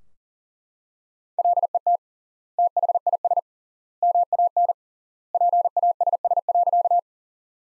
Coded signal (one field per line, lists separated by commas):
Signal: Morse code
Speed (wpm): 40 wpm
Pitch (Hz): 700 Hz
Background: none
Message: LET THIS MAN PASS.